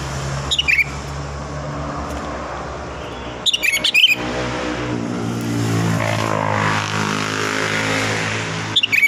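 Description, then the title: Sooty-headed bulbul giving three quick bubbly whistled phrases, partly buried under steady rumbling traffic noise. "Kutilang"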